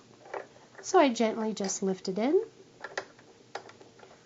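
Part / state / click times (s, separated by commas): bobbin case or hook part into sewing machine bobbin area / seated / 3.0 s, 3.6 s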